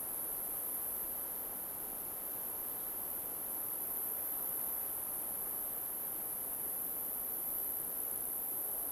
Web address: Sonniss - GDC 2018-Game Audio Bundle Soundrangers - Nature Ambience forest alpine crickets